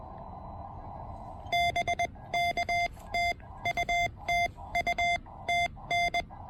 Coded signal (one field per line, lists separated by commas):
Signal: Morse code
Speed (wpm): 20 wpm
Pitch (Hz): 700 Hz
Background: none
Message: BK TU TU TN